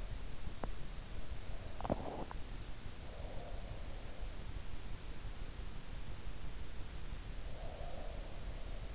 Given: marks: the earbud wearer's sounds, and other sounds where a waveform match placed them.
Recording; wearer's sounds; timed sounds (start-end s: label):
sounds in sleep by an in-ear microphone; swallowing, breath
1.59-2.69 s: swallowing
7.47-8.95 s: breath